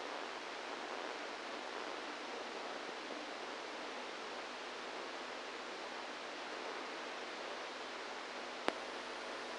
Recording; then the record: brain microelectrode recording played as sound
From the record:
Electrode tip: inside the subthalamic nucleus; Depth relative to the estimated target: -1 mm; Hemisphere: right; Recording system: NeuroSet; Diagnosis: Parkinson's disease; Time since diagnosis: 27 years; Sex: male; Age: 62 years